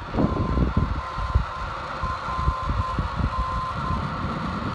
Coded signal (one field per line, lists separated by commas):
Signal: Morse code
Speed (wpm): 9 wpm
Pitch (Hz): 1040 Hz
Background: none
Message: CRN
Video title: Alaska NDB DX'ing CRN 281Khz. from the Butte near Palmer, Alaska